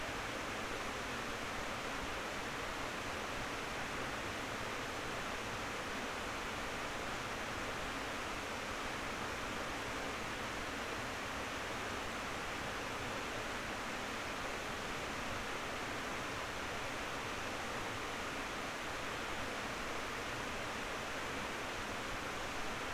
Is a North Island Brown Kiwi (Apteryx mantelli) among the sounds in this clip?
no